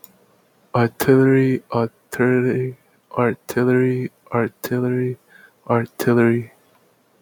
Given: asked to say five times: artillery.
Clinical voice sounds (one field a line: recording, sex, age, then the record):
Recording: repeated word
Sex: male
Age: 20 to 29 years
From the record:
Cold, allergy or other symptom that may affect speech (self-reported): no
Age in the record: 26 years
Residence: Florida, United States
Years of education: 16